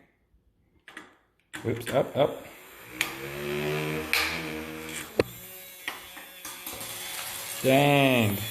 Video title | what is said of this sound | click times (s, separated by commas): Electric Feels | actually click it in | 0.9 s